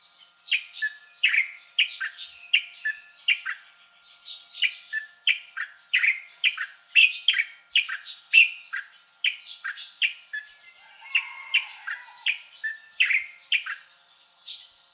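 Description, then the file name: Styan's bulbul chattering steadily, with bright, clipped notes strung together in rapid repeated phrases almost without break. "烏頭翁"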